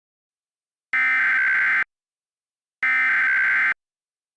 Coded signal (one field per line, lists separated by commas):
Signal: Emergency Alert System (SAME) tones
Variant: header bursts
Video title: VALID TONES "The Flood" an EAS Reenactment Scenario